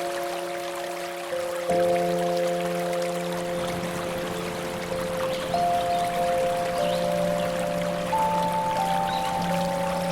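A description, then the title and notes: Sustained piano notes ring over a steady, rushing river, new chords entering around two, five and eight seconds while the water stays constant. Piano music with river sounds.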